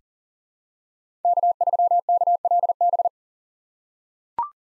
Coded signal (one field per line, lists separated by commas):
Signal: Morse code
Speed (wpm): 40 wpm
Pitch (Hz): 700 Hz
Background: none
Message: K3KLB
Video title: 2023 POTA Activator Call Signs - 40wpm